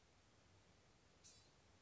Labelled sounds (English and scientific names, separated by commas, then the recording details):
Blue-gray Gnatcatcher (Polioptila caerulea)
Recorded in Sonoma County, California